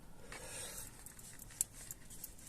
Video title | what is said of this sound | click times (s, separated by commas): Changer l'autoradio d'une Audi par une tablette grand écran tactile, par Bassevelle Auto Services | Voilà, c'est clipsé. | 1.6 s